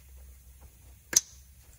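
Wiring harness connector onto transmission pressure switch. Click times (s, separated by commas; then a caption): 1.2 s. After a Honda transmission pressure switch for a P0847 code is screwed back in and torqued to 14 foot-pounds (20 newton meters), the wiring harness connector is pushed back onto it. Over a low background hum, a single sharp, loud click sounds at 1.2 s. The connector is seated.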